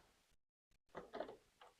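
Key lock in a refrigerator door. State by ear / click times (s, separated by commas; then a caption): seated / 1.0 s, 1.2 s. A small key lock on a refrigerator door is turned to lock it, producing short clicks at about 1.0 and 1.2 seconds, followed by a fainter knock near 1.6 seconds. The lock is confirmed locked, and the door will not open.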